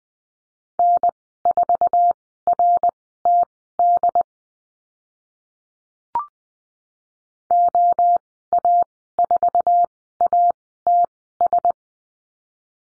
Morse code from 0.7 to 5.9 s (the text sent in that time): N4RTD